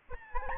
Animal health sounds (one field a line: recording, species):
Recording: mosquito wingbeat signal from an infrared sensor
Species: Aedes albopictus